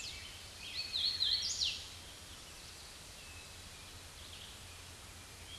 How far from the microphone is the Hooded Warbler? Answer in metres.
about 10 m